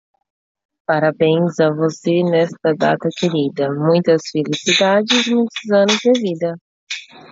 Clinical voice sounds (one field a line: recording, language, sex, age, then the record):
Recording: short text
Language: Brazilian Portuguese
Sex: female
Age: 30 to 39 years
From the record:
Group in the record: control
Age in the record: 35 years